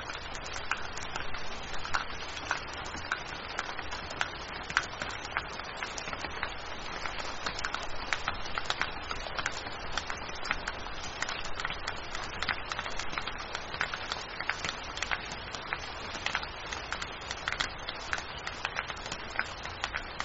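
Rain falls steadily throughout, a dense crackle of drops striking a surface, with many small sharp taps standing out every fraction of a second. A soft low rumble runs underneath the whole time, and the texture stays even without pauses or build.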